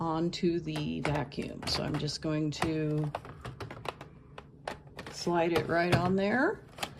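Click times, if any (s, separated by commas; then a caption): none. A battery pack is slid onto the body of an Ultenic U18 Pro cordless stick vacuum while someone talks, with short sharp handling sounds between about 3.6 and 5.1 seconds and another at 6.8 seconds. The pack has not seated or clicked into place yet.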